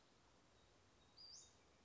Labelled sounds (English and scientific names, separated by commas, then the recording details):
Western Flycatcher (Empidonax difficilis)
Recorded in Sonoma County, California